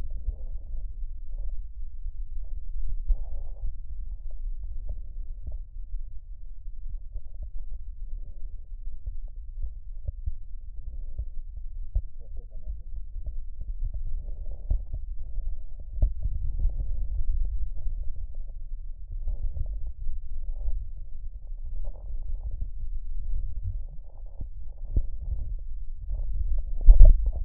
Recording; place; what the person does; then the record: lung sounds by stethoscope; right posterior basal chest; quiet breathing, then deep breathing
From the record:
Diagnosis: COPD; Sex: female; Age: 80 years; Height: 160 cm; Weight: 62 kg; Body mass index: 24.2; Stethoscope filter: extended mode